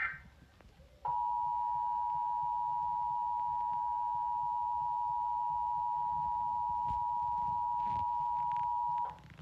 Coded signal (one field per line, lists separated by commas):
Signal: Emergency Alert System (SAME) tones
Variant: 853 and 960 Hz attention tone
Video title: Nationwide Emergency Alert System October 4, 2023